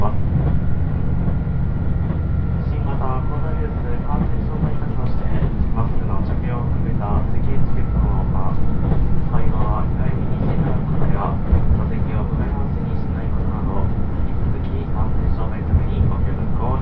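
A diesel limited express train on the Yosan Line runs steadily, its deep engine drone and wheel rumble holding at a constant level throughout. Voices talk on and off over the rumble, with a faint thin whine lying on top.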